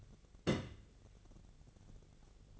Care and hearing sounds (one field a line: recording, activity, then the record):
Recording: daily activity, microphone in the room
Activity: place on stove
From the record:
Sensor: 4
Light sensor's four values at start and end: 36/86/36/40 and 37/90/38/41